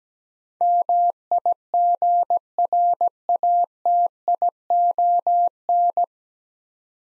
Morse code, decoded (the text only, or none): MIGRATION